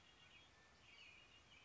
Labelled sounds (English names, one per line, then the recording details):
Red-winged Blackbird
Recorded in Sonoma County, California